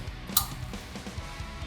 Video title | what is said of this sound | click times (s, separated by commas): 1999-2004 Ford F-150 SVT Lightning: How To Replace Fuel Filter | until you hear an audible click | 0.4 s